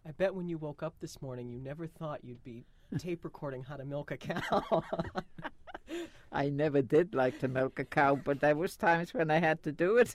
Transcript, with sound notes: I bet when you woke up this morning you never thought you'd be tape recording how to milk a cow. (they laugh)
I never did like to milk a cow but there was times when I had to do it.